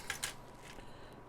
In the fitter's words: you got your stabiliz out and it's pretty and it's the exact way to put them back in they just snap right in